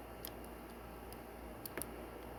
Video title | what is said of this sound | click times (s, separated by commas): Transformers TFCC Timelines Airrazor | yeah it doesn't want to lock into place | none